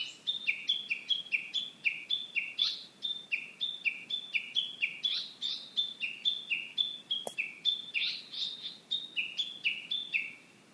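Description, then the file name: Japanese bush warbler giving a long, rapid series of paired whistled notes, high then lower, repeated steadily, with a faint click partway through. "uguisu"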